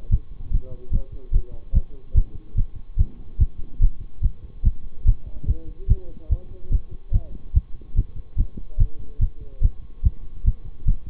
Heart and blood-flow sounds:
heart sounds by stethoscope; between the tricuspid and mitral areas; 145 bpm
0.10 s: heartbeat
0.51 s: heartbeat
0.92 s: heartbeat
1.32 s: heartbeat
1.73 s: heartbeat
2.15 s: heartbeat
2.56 s: heartbeat
2.97 s: heartbeat
3.39 s: heartbeat
3.80 s: heartbeat
4.22 s: heartbeat
4.63 s: heartbeat
5.05 s: heartbeat
5.46 s: heartbeat
5.88 s: heartbeat
6.29 s: heartbeat
6.71 s: heartbeat
7.12 s: heartbeat
7.54 s: heartbeat
7.95 s: heartbeat
8.36 s: heartbeat
8.78 s: heartbeat
9.20 s: heartbeat
9.61 s: heartbeat
10.03 s: heartbeat
10.45 s: heartbeat
10.86 s: heartbeat
From the record:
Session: bicycle stress test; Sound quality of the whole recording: good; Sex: male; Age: 26 years

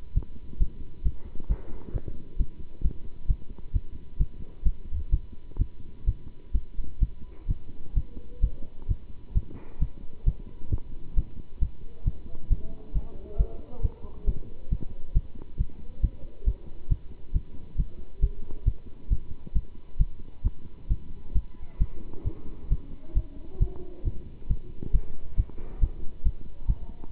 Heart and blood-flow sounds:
heart sounds by stethoscope; between the tricuspid and mitral areas; 134 bpm
0.14 s: heartbeat
0.58 s: heartbeat
1.02 s: heartbeat
1.47 s: heartbeat
1.92 s: heartbeat
2.37 s: heartbeat
2.82 s: heartbeat
3.27 s: heartbeat
3.72 s: heartbeat
4.18 s: heartbeat
4.63 s: heartbeat
5.10 s: heartbeat
5.58 s: heartbeat
6.05 s: heartbeat
6.52 s: heartbeat
6.99 s: heartbeat
7.47 s: heartbeat
7.94 s: heartbeat
8.40 s: heartbeat
8.87 s: heartbeat
9.33 s: heartbeat
9.79 s: heartbeat
10.24 s: heartbeat
10.70 s: heartbeat
11.15 s: heartbeat
11.59 s: heartbeat
12.04 s: heartbeat
12.49 s: heartbeat
12.93 s: heartbeat
13.37 s: heartbeat
13.81 s: heartbeat
14.25 s: heartbeat
14.69 s: heartbeat
15.13 s: heartbeat
15.57 s: heartbeat
16.01 s: heartbeat
16.44 s: heartbeat
16.89 s: heartbeat
17.32 s: heartbeat
17.76 s: heartbeat
18.20 s: heartbeat
18.64 s: heartbeat
19.09 s: heartbeat
19.53 s: heartbeat
19.98 s: heartbeat
20.43 s: heartbeat
20.88 s: heartbeat
21.33 s: heartbeat
21.78 s: heartbeat
22.24 s: heartbeat
22.69 s: heartbeat
23.14 s: heartbeat
23.59 s: heartbeat
24.03 s: heartbeat
24.47 s: heartbeat
24.92 s: heartbeat
25.36 s: heartbeat
25.80 s: heartbeat
26.23 s: heartbeat
26.66 s: heartbeat
27.09 s: heartbeat
From the record:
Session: pedaling a stationary bicycle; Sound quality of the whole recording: good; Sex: male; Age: 27 years

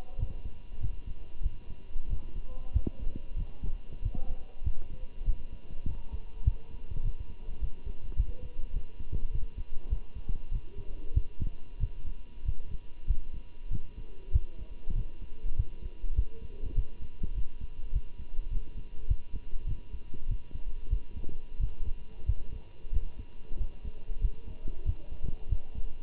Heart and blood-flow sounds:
heart sounds by stethoscope; between the tricuspid and mitral areas; 97 bpm
0.19 s: heartbeat
0.81 s: heartbeat
1.44 s: heartbeat
2.10 s: heartbeat
2.74 s: heartbeat
3.37 s: heartbeat
4.03 s: heartbeat
4.65 s: heartbeat
5.26 s: heartbeat
5.87 s: heartbeat
6.45 s: heartbeat
7.04 s: heartbeat
7.61 s: heartbeat
8.17 s: heartbeat
8.74 s: heartbeat
9.32 s: heartbeat
9.90 s: heartbeat
10.52 s: heartbeat
11.15 s: heartbeat
11.80 s: heartbeat
12.46 s: heartbeat
13.08 s: heartbeat
13.71 s: heartbeat
14.33 s: heartbeat
14.96 s: heartbeat
15.57 s: heartbeat
16.16 s: heartbeat
16.76 s: heartbeat
17.35 s: heartbeat
17.94 s: heartbeat
18.52 s: heartbeat
19.08 s: heartbeat
19.67 s: heartbeat
20.29 s: heartbeat
20.91 s: heartbeat
21.60 s: heartbeat
22.27 s: heartbeat
22.93 s: heartbeat
23.59 s: heartbeat
24.22 s: heartbeat
24.86 s: heartbeat
25.50 s: heartbeat
From the record:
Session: walking at 3.7 km/h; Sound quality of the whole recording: good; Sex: male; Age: 23 years

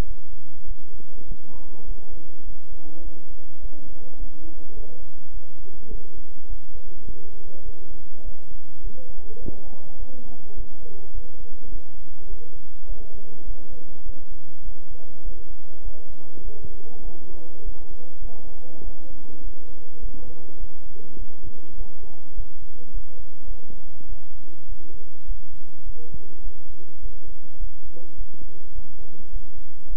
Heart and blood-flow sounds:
heart sounds by stethoscope; between the tricuspid and mitral areas; 103 bpm
0.05 s: heartbeat
0.66 s: heartbeat
1.26 s: heartbeat
1.86 s: heartbeat
2.44 s: heartbeat
3.02 s: heartbeat
3.60 s: heartbeat
4.18 s: heartbeat
4.74 s: heartbeat
5.32 s: heartbeat
5.89 s: heartbeat
6.47 s: heartbeat
7.05 s: heartbeat
7.64 s: heartbeat
8.23 s: heartbeat
8.82 s: heartbeat
9.40 s: heartbeat
9.97 s: heartbeat
10.55 s: heartbeat
11.12 s: heartbeat
11.70 s: heartbeat
12.28 s: heartbeat
12.87 s: heartbeat
13.45 s: heartbeat
14.04 s: heartbeat
14.63 s: heartbeat
15.23 s: heartbeat
15.82 s: heartbeat
16.42 s: heartbeat
17.03 s: heartbeat
17.63 s: heartbeat
18.19 s: heartbeat
18.82 s: heartbeat
19.41 s: heartbeat
20.00 s: heartbeat
20.58 s: heartbeat
21.17 s: heartbeat
21.75 s: heartbeat
22.34 s: heartbeat
22.92 s: heartbeat
23.45 s: heartbeat
24.07 s: heartbeat
24.66 s: heartbeat
25.26 s: heartbeat
25.84 s: heartbeat
26.42 s: heartbeat
27.00 s: heartbeat
27.58 s: heartbeat
28.16 s: heartbeat
28.73 s: heartbeat
29.31 s: heartbeat
29.88 s: heartbeat
From the record:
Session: bicycle stress test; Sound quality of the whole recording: good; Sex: male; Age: 26 years

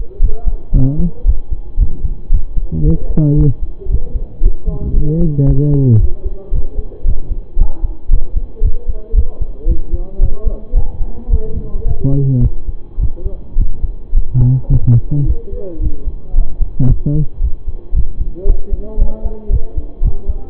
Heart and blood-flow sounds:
heart sounds by stethoscope; between the tricuspid and mitral areas; 112 bpm
0.20 s: heartbeat
0.73 s: heartbeat
1.25 s: heartbeat
1.78 s: heartbeat
2.30 s: heartbeat
2.83 s: heartbeat
3.36 s: heartbeat
3.89 s: heartbeat
4.41 s: heartbeat
4.94 s: heartbeat
5.46 s: heartbeat
5.99 s: heartbeat
6.52 s: heartbeat
7.05 s: heartbeat
7.57 s: heartbeat
8.09 s: heartbeat
8.61 s: heartbeat
9.14 s: heartbeat
9.66 s: heartbeat
10.19 s: heartbeat
10.74 s: heartbeat
11.29 s: heartbeat
11.85 s: heartbeat
12.41 s: heartbeat
12.98 s: heartbeat
13.56 s: heartbeat
14.13 s: heartbeat
14.69 s: heartbeat
15.25 s: heartbeat
15.80 s: heartbeat
16.34 s: heartbeat
16.87 s: heartbeat
17.40 s: heartbeat
17.93 s: heartbeat
18.45 s: heartbeat
18.98 s: heartbeat
19.50 s: heartbeat
20.01 s: heartbeat
From the record:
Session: pedaling a stationary bicycle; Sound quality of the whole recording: saturated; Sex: male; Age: 25 years

